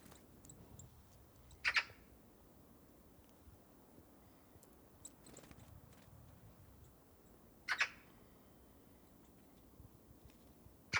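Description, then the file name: Eurasian magpie producing sparse rasping calls, two doubled ones and a third cut off at the end, with long silences between them over faint background hiss. "Pica pica"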